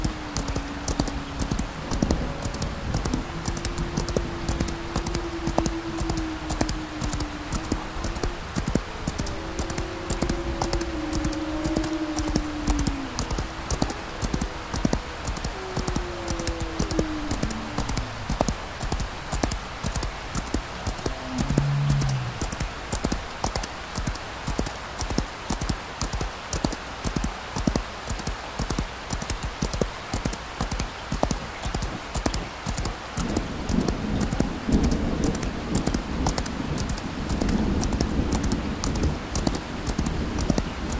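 A horse walks at a steady clip-clop through light rain, hooves falling in a quick, regular rhythm for the whole ride. In the first twenty seconds, wavering creaks drift in and out. A deep rolling thunder swells up near the end.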